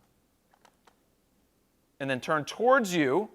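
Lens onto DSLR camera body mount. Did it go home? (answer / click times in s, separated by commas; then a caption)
no / none. A lens is positioned on the mount of a Nikon D750 DSLR body with its white dot lined up against the body's white dot, ready to be turned to lock. Three small contact ticks are heard at about 0.5, 0.7 and 0.9 seconds, and then someone talks from 2.0 seconds on. The lens has not been turned yet, and nothing has clicked or locked in.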